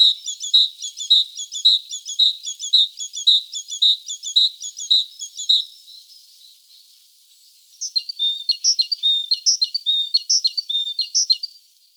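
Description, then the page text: Great tit song: steady two-note phrases repeated rhythmically for about six seconds, then a different, sharper repeated phrase series. "Большая синица - Синица"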